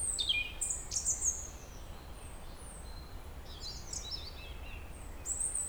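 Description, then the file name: European robin song opening with a tumbling cascade of very high notes, a short gap, then another jumbled phrase of thin descending whistles and a final high note. "Erithacus rubecula"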